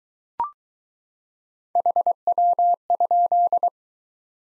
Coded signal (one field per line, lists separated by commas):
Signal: Morse code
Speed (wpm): 22 wpm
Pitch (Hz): 700 Hz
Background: none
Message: HW?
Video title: Top 20 QSO Elements - Speed-Racing - 15wpm